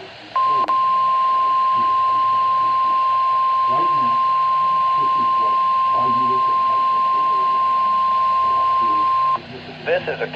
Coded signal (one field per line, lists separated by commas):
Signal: Emergency Alert System (SAME) tones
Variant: 1050 Hz attention tone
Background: speech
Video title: Thursday Required Weekly Test [WNG698] (EAS #237)